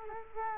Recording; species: mosquito wingbeat signal from an infrared sensor; Culex quinquefasciatus